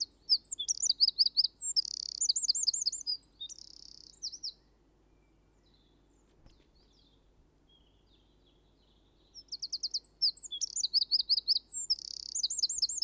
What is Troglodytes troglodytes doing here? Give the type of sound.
song